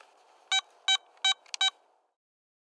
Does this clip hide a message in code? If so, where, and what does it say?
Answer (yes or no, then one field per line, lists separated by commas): no